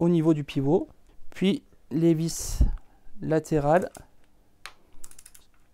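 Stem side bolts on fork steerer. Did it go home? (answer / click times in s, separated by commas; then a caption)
yes / 4.7 s. A torque wrench preset to 7 Nm tightens the lateral stem bolts on a fork steerer while someone talks. A loud, sharp click at 4.7 s marks the wrench reaching its setting, followed by a few quieter ticks just after 5 s.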